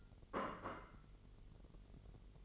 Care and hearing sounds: daily activity, microphone in the room; place plate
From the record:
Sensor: 4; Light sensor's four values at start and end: 5/12/4/5 and 5/12/4/5

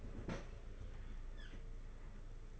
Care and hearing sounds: daily activity, microphone in the room; open fridge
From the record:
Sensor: 4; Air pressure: 991.8 hPa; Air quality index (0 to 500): 106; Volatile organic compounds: 15 ppm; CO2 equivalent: 2507 ppm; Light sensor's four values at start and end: 19/64/24/24 and 19/63/23/23

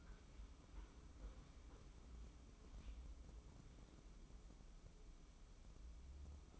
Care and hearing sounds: daily activity, microphone in the room; wipe stove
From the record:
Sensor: 1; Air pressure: 996.1 hPa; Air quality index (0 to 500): 75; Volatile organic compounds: 4 ppm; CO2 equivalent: 1594 ppm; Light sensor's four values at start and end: 29/103/39/40 and 28/103/39/40

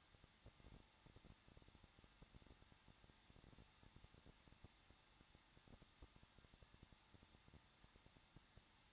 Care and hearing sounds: daily activity, microphone in the room; no activity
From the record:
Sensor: 3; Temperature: 21.2 degrees Celsius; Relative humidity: 36.3%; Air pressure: 1006.3 hPa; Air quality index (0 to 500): 222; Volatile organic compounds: 41 ppm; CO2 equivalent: 3171 ppm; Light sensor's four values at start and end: 2/3/2/2 and 2/3/2/2

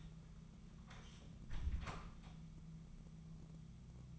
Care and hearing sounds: daily activity, microphone in the room; close door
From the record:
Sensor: 1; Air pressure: 1005.0 hPa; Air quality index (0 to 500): 85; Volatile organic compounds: 2 ppm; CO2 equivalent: 1152 ppm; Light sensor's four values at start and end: 10/24/9/10 and 10/24/9/10

